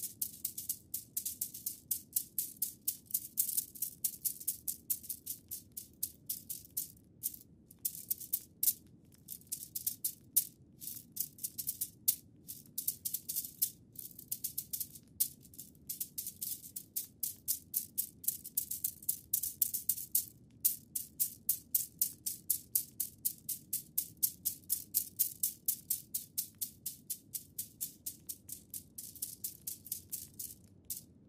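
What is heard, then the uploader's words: Bamboo massage sticks tap and roll in quick, rattling bursts, a dense uneven run of bright clicks with a low steady murmur beneath. ASMR Bamboo massage by Olga. Asmr Wood Japanese therapy. Asmr no Talking with tingles.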